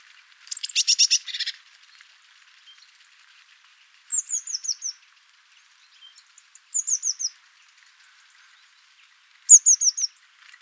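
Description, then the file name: Eurasian blue tit: a buzzy, rapid scolding burst opens, followed by three spaced clusters of high, downslurred thin notes. "Cyanistes caeruleus"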